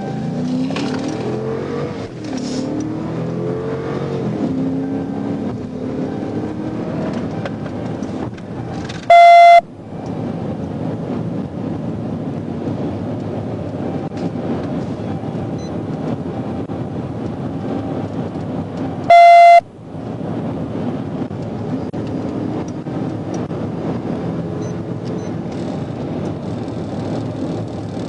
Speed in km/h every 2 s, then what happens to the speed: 69, 95, 111, 121, 134, 134, 140, 138, 134, 134, 138, 158, 151, 148.
0-11 speeds up to 140. 19-22 speeds up to 158. 22-28 slows to 148.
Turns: none.